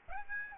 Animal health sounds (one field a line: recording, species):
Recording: mosquito wingbeat signal from an infrared sensor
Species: Aedes aegypti